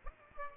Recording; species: mosquito wingbeat signal from an infrared sensor; Aedes albopictus